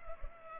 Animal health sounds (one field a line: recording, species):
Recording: mosquito wingbeat signal from an infrared sensor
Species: Culex pipiens